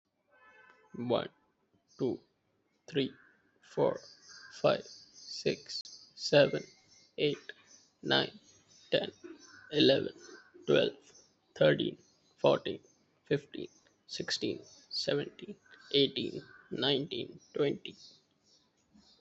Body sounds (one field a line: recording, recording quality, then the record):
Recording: counting at a normal pace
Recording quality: excellent, no background noise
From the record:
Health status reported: healthy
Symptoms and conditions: none ticked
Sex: male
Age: 20 years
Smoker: not ticked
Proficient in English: yes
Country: India